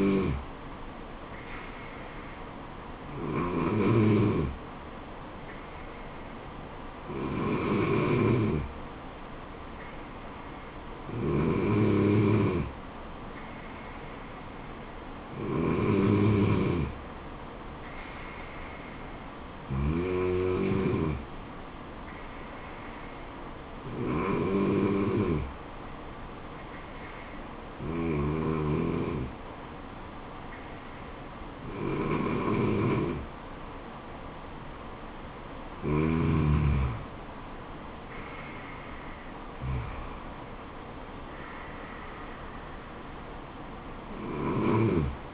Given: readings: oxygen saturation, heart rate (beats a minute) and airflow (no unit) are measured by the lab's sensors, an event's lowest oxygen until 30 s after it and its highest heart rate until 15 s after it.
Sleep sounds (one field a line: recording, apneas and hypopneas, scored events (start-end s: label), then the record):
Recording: breathing in sleep by a voice recorder at the bedside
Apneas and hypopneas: none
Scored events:
37.00-45.34 s: new sleep stage, N3 (deep sleep)
From the record:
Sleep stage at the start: N2 (light sleep)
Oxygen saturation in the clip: 94 to 95%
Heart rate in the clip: 68 to 78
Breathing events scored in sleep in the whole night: 426 in 7.4 hours asleep